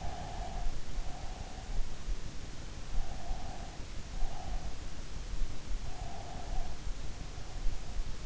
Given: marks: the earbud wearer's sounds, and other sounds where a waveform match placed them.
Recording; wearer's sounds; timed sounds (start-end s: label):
sounds in sleep by an in-ear microphone; breath
0.00-2.06 s: breath
3.03-4.91 s: breath
5.94-8.08 s: breath